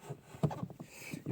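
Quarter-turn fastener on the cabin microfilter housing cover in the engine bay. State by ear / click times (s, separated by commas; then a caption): seated / 0.4 s. A 13 mm quarter-turn fastener on the cabin microfilter housing cover in the engine bay of a BMW 5-series E60/E61 is turned clockwise a quarter turn. It snaps into place with a sharp click at 0.4 s, followed by a few fainter ticks. The fastener is seated correctly, since the cover does not lift up.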